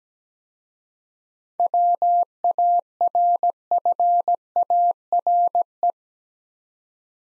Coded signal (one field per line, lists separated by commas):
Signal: Morse code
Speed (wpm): 17 wpm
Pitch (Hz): 700 Hz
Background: none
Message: WARFARE